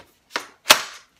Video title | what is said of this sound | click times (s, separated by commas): Best 20V Cordless Telescoping Pole Hedge Trimmer for the Money Better than Harbor Freight Atlas | and that guy just snaps into place right there and you close it up and then | 0.4 s, 0.7 s